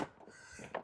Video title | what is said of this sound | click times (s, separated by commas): Reecle 360 Swivel Baby Car Seat with ISOFIX, Group 0+1/2/3 (0-36 kg), Approx. 0-12 Years | നോക്കുക ഇതിപ്പോ lock ആയിട്ടുണ്ട് | 0.8 s